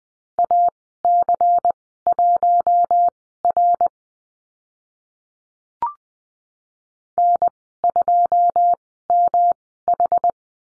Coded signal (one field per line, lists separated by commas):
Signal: Morse code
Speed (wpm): 20 wpm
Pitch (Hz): 700 Hz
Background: none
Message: AC1R N2MH